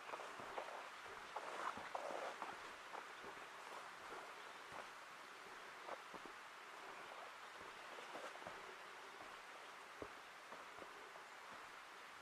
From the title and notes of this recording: Ancient Forest Preserve, a 40 acre non-contiguous annex to the 5200 acre Forest Park of Portland, Oregon, one of the largest urban parks in the US.